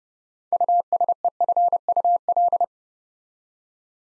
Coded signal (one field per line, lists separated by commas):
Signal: Morse code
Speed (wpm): 30 wpm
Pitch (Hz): 700 Hz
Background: none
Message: USEFUL